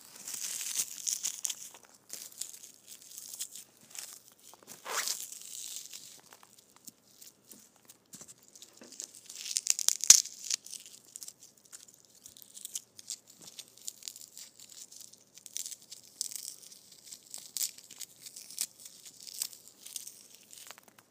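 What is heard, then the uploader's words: Foam balls squish in irregular bursts of soft, bright crinkling and rustling, with a louder squeeze around ten seconds and quiet gaps between. ASMR Foam Balls Squishing.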